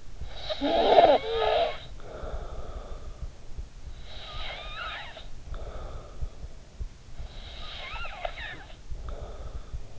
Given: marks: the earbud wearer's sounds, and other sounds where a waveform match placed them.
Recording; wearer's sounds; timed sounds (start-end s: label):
sounds in sleep by an in-ear microphone; snoring breath
0.00-6.57 s: snoring breath
7.00-9.99 s: snoring breath